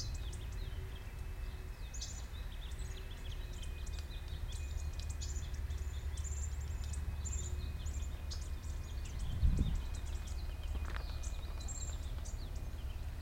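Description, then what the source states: Bird calls, many short high chirps and ticks scattered throughout, over a steady low rumble of background noise. Recorded 9 January 2015.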